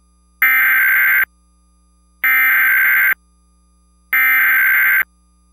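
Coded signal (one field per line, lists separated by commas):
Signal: Emergency Alert System (SAME) tones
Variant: header bursts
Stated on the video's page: AMBER Alert relayed on Comcast cable, sent via CAP.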